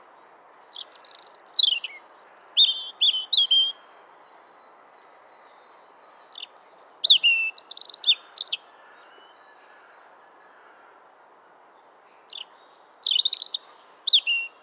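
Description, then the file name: European robin song: three separate phrases of thin, high, tumbling warbles and trills, each a few seconds long with quiet pauses between. "Erithacus rubecula"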